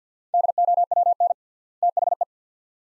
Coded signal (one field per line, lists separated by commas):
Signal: Morse code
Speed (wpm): 50 wpm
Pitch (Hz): 700 Hz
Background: none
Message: DOWN THE